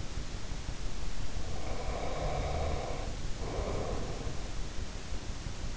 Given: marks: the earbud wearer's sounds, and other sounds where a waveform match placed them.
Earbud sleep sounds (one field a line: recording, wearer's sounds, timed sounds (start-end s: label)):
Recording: sounds in sleep by an in-ear microphone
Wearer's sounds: breath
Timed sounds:
1.52-4.28 s: breath